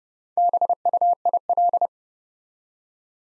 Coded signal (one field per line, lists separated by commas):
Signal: Morse code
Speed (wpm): 30 wpm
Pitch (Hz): 700 Hz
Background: none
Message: BUIL